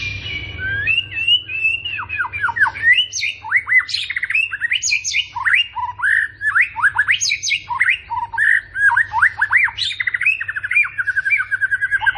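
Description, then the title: White-rumped shama song: continuous rich whistling with sweeping notes and quick chattered runs, phrases tumbling one into the next over a low background hum. Morning song used as a lure to prompt captive white-rumped shamas into active singing; described as rich fill-in song ('isian mewah'). "PANCINGAN MURAI BATU. PAGI HARI! MURAI BATU GACOR"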